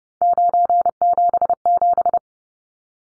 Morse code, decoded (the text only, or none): 977